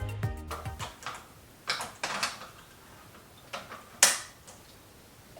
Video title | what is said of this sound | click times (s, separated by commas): I ruined 3 sweatshirts! how I fixed my embroidery using mighty hoops and hoopmaster hooping station | so you definitely heard that snap of that spring snapped into place | 4.0 s